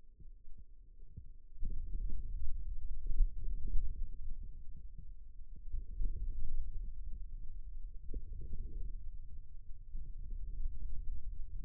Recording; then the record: forearm muscle sounds (acoustic myography)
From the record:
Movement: wrist extension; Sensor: system 2, bracelet of six BSWA MPA416 microphones around the upper forearm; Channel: 3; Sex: male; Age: 22 years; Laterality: right